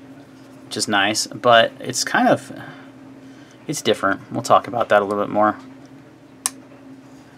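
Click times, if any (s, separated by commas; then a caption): 6.5 s. Someone talks while handling a Benchmade Proper slip joint pocket knife, which has a half stop and an S30V sheep's foot steel blade. The blade is opened until the backspring in the handle snaps it into its open position with a sharp click at 6.5 s, and the blade is seated open.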